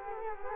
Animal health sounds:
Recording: mosquito wingbeat signal from an infrared sensor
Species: Culex quinquefasciatus

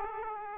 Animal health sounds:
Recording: mosquito wingbeat signal from an infrared sensor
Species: Aedes aegypti

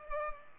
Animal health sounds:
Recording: mosquito wingbeat signal from an infrared sensor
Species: Culex pipiens

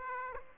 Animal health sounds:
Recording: mosquito wingbeat signal from an infrared sensor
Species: Aedes aegypti

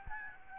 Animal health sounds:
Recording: mosquito wingbeat signal from an infrared sensor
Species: Aedes albopictus

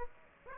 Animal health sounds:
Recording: mosquito wingbeat signal from an infrared sensor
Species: Aedes aegypti

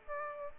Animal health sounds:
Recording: mosquito wingbeat signal from an infrared sensor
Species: Aedes aegypti

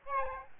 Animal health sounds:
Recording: mosquito wingbeat signal from an infrared sensor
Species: Aedes albopictus

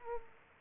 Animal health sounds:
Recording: mosquito wingbeat signal from an infrared sensor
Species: Culex quinquefasciatus

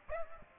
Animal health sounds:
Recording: mosquito wingbeat signal from an infrared sensor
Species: Aedes aegypti

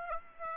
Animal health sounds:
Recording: mosquito wingbeat signal from an infrared sensor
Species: Aedes aegypti

